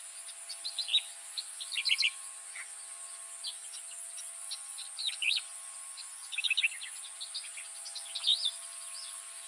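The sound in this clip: Striated grassbird giving short, sharp chirping notes in scattered clusters, quiet against a steady high-pitched hiss.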